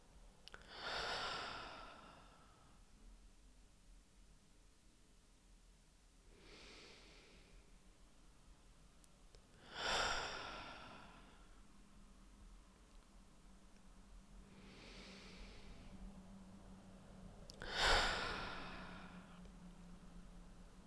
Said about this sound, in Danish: Og tag et par dybe vejrtrækninger.